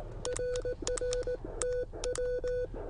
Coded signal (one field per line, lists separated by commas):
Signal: Morse code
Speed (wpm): 18 wpm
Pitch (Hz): 500 Hz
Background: none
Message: RR TW